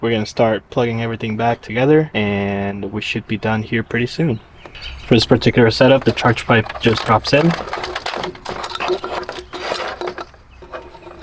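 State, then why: Not seated. Someone talks while an intercooler charge pipe, a plastic pipe with a quick-connect coupling, is dropped into place toward the outlet of a DAW FlowMax 2.5 hybrid turbo on a B58 engine. Short handling knocks and taps follow from about 8 to 10 seconds. Nothing has seated or clicked yet.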